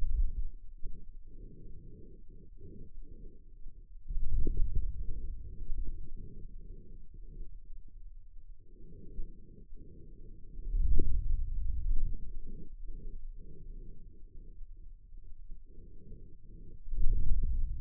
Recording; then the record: forearm muscle sounds (acoustic myography)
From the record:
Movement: hand closing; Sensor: system 2, bracelet of six BSWA MPA416 microphones around the upper forearm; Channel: 4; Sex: male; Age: 22 years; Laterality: right